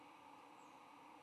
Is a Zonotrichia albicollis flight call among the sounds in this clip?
no